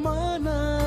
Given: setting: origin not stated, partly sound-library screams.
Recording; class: one-second piece from a danger detection set; normal situation